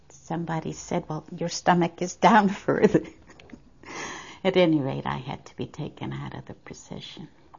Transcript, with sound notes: somebody said, "Well, your stomach is down further," (she laughs) At any rate, I had to be taken out of the procession.